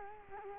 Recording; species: mosquito wingbeat signal from an infrared sensor; Culex quinquefasciatus